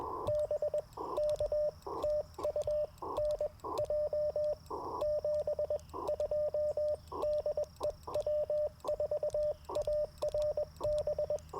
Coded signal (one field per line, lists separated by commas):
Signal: Morse code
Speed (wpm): 21 wpm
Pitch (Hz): 600 Hz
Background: radio noise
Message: BK TU NJ 72 DE W4ARB